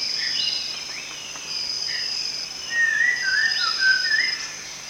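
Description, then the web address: Rufous-tailed shama giving a few clear whistled notes, then a wavering whistled phrase, over a steady high insect drone. Recorded at Danum on 1 January 2008. "DANUM 20080101 rufous-tailed shama"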